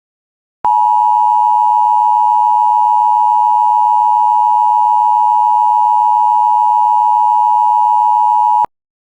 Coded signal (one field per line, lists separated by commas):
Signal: Emergency Alert System (SAME) tones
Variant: 853 and 960 Hz attention tone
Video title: Severe Thunderstorm Warning for Cochran and Hockley, TX (EAS #127)